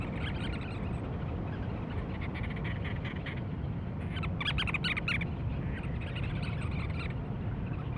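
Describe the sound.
Cape Verde storm petrel gives rapid, rattling pulsed calls, fainter early and loudest around four to five seconds, backed by a heavy low rumbling roar.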